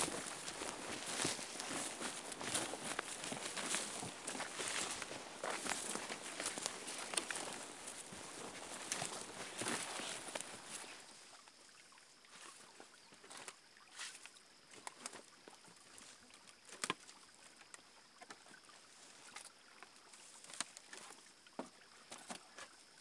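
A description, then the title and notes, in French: A Québec nature soundscape with a dense, hissing wash of rustling and splashing noise for the first ten seconds, likely a boat or paddling on water. Around eleven seconds it drops to a quieter, sparse scene with scattered clicks and a thin high tone. Québec Soundscape. Vous êtes dans la nature québécoise.Enregistré en septembre 2011.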